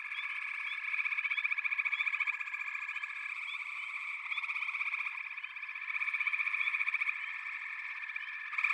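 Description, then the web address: Chorus of frogs giving rapid, rattling trills that overlap into a steady drone, with small rising chirps scattered through and a few louder pulsing bursts. A chorus of frogs calling together. "Echoes of Nature - Frog Chorus"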